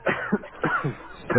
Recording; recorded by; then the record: voluntary cough; telephone call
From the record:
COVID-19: positive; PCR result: checked with the laboratory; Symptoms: yes